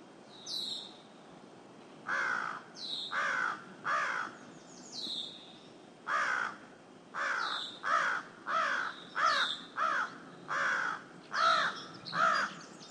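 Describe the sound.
Crow repeating hoarse caws many times, with occasional high chirps from a small bird behind.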